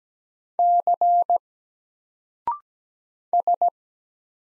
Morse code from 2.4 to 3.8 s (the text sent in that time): S